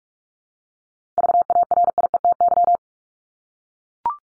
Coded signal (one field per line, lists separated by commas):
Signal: Morse code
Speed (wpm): 44 wpm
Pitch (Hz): 700 Hz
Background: none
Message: VARIETY